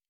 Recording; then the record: hydrophone in a shrimp aquaculture tank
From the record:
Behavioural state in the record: normal